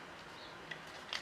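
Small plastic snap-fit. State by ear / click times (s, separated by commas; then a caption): seated / 0.7 s, 1.1 s. Two injection-moulded plastic halves of an Airfix 1/48 scale Messerschmitt Bf109E model aircraft kit (#05120) are pressed together so their locating pins snap into place. Against a steady low hiss, two short sharp clicks are heard at 0.7 s and 1.1 s, the second louder. The halves seat together nice and tight.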